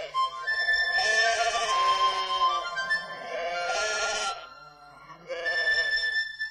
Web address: Happy Baby series Nature Happy Babies Series-Nature - Sheep